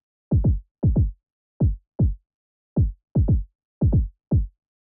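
Heartbeat at 155 beats per minute.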